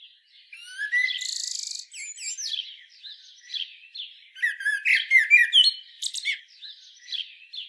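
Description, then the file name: Common blackbird giving a rambling, squeaky warble of short varied phrases, with a harsh buzzy note early on and high twittering notes toward the end. "Turdus merula"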